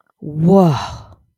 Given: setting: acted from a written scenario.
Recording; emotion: vocal sound without words; awe